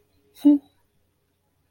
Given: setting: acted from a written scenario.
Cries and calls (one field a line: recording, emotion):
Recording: vocal sound without words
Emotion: neutral